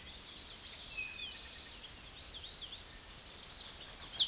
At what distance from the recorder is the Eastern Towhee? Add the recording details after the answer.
about 15 m. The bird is about 5 m above the microphone. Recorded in a Pennsylvania forest on 16 May 2024 at 08:29. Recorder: AudioMoth, point MSD-1360. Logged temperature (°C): 14.8 °C. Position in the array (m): 169 m, 189 m